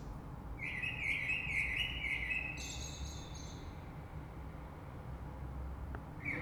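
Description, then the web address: Common blackbird singing a sustained mellow warble trailing into a high twittering flourish, then a short note at the end, with low background noise. Recorded 3 March 2020. "oiseaux Rush Merle 3-3-2020"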